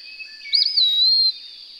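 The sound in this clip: Songbird giving a single whistled phrase, first a quick looping flourish, then a long steady high whistle, over a constant high-pitched background hum.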